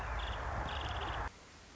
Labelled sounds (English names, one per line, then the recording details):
Nuttall's Woodpecker
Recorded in Sonoma County, California